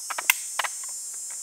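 A loaded magazine is inserted into the magazine well of a bolt-action rifle. Light clicks and scrapes lead to one sharp metallic click at 0.3 s as the magazine seats, followed by softer handling taps around 0.6 s over a steady high background hiss.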